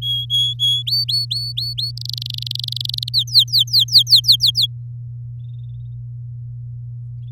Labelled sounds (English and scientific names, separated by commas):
Domestic Canary (Serinus canaria) song